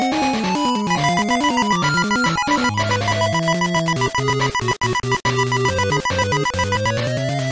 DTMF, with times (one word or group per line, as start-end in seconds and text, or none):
none